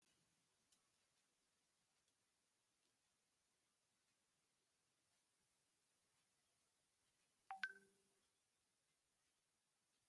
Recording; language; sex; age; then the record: short text; Brazilian Portuguese; male; 50 to 59 years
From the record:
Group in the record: control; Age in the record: 58 years